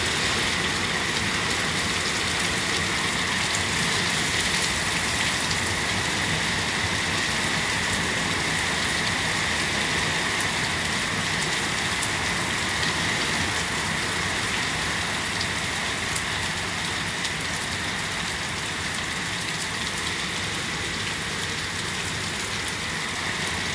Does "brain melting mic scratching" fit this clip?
no